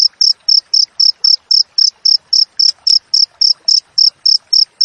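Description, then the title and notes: Cricket sounding bright, high chirps in a regular rhythm of roughly four per second, with faint scratchy noises between them. Wild cricket sound with clear, closely spaced chirps, intended for training songbirds to mimic and for repelling rats. "Masteran Jangkrik Alam Jernih, Jeda Rapat Cocok Untuk Masteran Burung Dan Mengusir Tikus. suara jangkrik"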